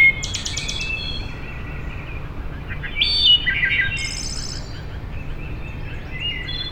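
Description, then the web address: Wood thrush singing several flute-like phrases over a constant low background hum. Recorded on 6 May 2007. "Wood Thrush 2007 05 06"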